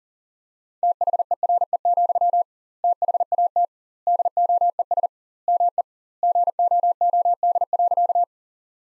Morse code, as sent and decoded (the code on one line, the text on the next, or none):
- .... . .-. . --..-- / - .... .- - / -.. --- . ... / -- . / --. --- --- -.. .-.-.-
THERE, THAT DOES ME GOOD.